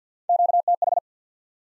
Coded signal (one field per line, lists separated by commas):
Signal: Morse code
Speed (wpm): 50 wpm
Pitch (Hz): 700 Hz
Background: none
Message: QTH